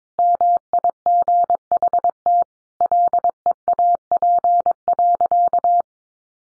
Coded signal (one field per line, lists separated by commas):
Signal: Morse code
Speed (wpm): 22 wpm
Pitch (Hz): 700 Hz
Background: none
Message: MIGHT LEAP.